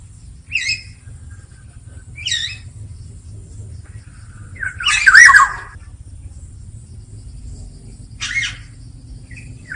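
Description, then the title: Black-naped oriole giving scattered short nasal notes, then one louder harsh burst with a fluty warble midway, later another brief call, over a constant low hum. Singing loudly and continuously (gacor ngeplong); recording intended as training or therapy audio for songbirds. "KEPODANG EMAS GACOR NGEPLONG I TERAPI"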